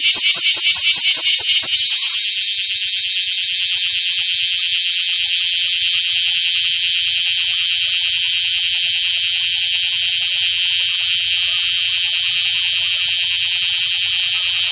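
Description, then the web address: Bear cicada song opening with quick throbbing pulses for two seconds, then smoothing into a steady, intense shrill drone. "insect kumazemi"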